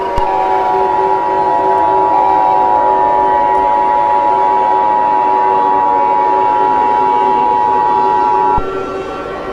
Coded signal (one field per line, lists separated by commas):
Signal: Emergency Alert System (SAME) tones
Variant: 853 and 960 Hz attention tone